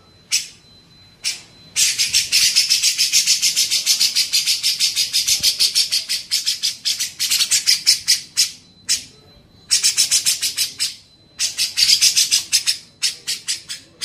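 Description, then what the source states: Grey-cheeked bulbul calling in rasping, rapid pulse series, starting with isolated notes then long runs, a thin steady whine faintly audible. Cucak jenggot, masteran training recording for teaching songbirds.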